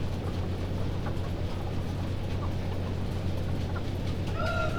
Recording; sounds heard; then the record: poultry house recording; healthy chickens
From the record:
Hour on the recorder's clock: 2